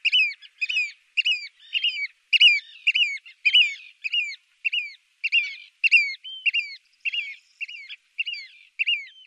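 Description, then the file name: Eurasian oystercatcher giving loud, piping kleep calls, sharp notes repeated in a quick, slightly uneven series, roughly two per second. "scholekster"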